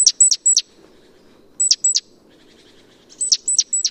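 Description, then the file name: Great tit: high thin notes sliding sharply downward, given in quick runs of two or three, the runs separated by short pauses, over faint low background noise. "Parus major"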